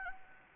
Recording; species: mosquito wingbeat signal from an infrared sensor; Anopheles gambiae